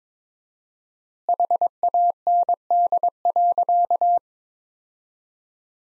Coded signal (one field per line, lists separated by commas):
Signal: Morse code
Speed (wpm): 22 wpm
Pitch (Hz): 700 Hz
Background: none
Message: HAND.